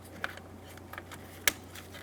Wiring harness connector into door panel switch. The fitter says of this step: push until you hear a click if you don't give them a pull make sure they're locked in